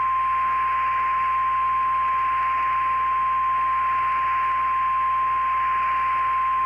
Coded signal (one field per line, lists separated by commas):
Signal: Emergency Alert System (SAME) tones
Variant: 1050 Hz attention tone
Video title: [REQUESTED EAS MOCK] something interesting at last